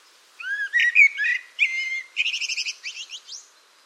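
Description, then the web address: Bird song: a rising whistle, mixed chirps, then a fast rattling series of short notes trailing away. "cianscape birddata Deverinetal 2025 File origin Bird Only Tu Me Tu Me"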